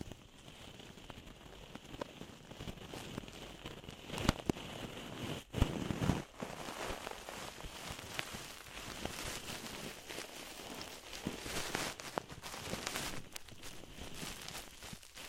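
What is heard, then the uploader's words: Deep ear cleaning sounds: a dense, steady crackling and scratching like fine rain, with a bright hiss running throughout. Louder rubbing bursts come around four and six seconds, with a brief hush just before the second, then the crackle settles back to an even level. DEEP Ear Penetrating Cleaning.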